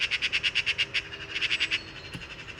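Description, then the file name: Eurasian magpie chatter, a fast series of rasping notes for nearly two seconds, followed by a sharp click and quiet. "Pica pica"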